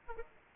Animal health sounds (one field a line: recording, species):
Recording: mosquito wingbeat signal from an infrared sensor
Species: Aedes aegypti